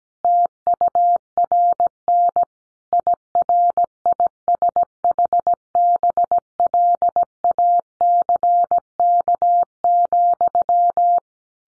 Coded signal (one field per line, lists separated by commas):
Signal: Morse code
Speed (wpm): 17 wpm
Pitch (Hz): 700 Hz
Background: none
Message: TURN IRISH BLACK,